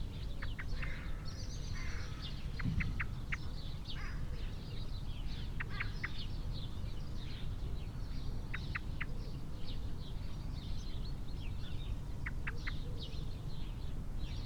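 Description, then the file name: Eurasian blackbird calls: repeated short bursts of sharp, clipped notes, set against busy high-pitched chirping from many other birds. "Turdus merula"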